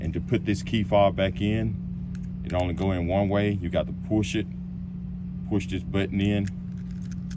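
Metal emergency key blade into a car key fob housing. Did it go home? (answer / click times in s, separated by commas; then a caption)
yes / 7.3 s. Someone talks while pushing the metal emergency key blade back into its slot in the plastic key fob of a Mercedes E400, holding the release button in, with light jangling and handling sounds of the keys. A small click at 7.3 s marks the blade latching and locking into the fob.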